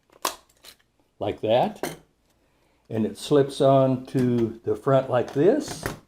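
The standard back has been removed from a 35mm SLR camera body, and a long-roll bulk film back is being handled as it is slid onto the body. A brief sharp sound at 0.3 s is followed by a few faint handling noises, and then someone talks. Nothing has seated or clicked yet, as the back is not yet home on the body.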